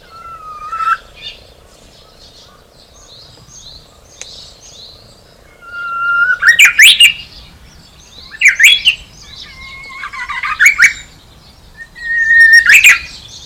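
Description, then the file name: Japanese bush warbler singing several phrases, each a held rising whistle ending in a loud, abrupt burst, with brief pauses between them and faint chirps of other birds. Recorded on 18 March 2016. "20160318 uguisu"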